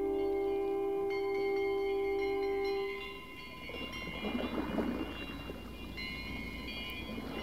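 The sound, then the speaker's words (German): A steady, droning hum with sustained tones gives way to a deep swelling rumble of thunder and a rushing, rain-like hiss that lingers at a moderate level. “Ein Gewitter ist im Anzug.”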